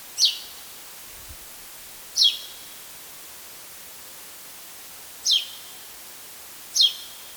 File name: Spansk sparv